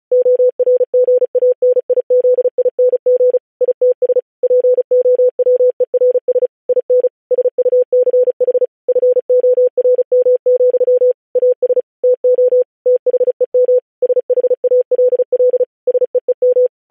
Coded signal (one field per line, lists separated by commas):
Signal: Morse code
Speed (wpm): 36 wpm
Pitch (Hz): 500 Hz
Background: none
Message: ORGANIZING ITS POWERS IN SUCH FORM, AS TO THEM SHALL SEEM